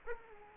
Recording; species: mosquito wingbeat signal from an infrared sensor; Culex quinquefasciatus